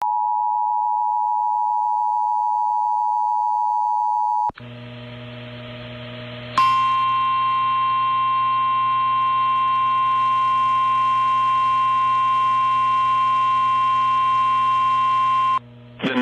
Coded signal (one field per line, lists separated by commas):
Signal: Emergency Alert System (SAME) tones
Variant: 853 and 960 Hz attention tone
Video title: Still more from Oklahoma! | EAS Alerts from June 15th, 2023 (EAS #2631-2641)